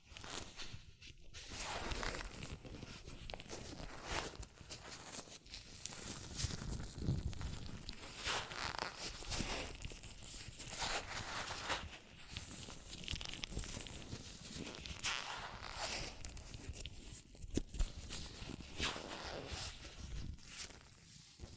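Hands in latex gloves rub and handle without pause, making a dense, crackly texture of short rustling bursts about once a second. Brighter, louder swells of rubbing stand out near 7, 9, 15 and 19 seconds, with a soft low thumping underneath.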